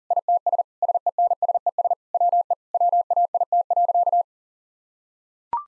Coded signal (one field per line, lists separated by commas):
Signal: Morse code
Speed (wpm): 40 wpm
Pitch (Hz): 700 Hz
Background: none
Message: ITS SENSES WE WAIT.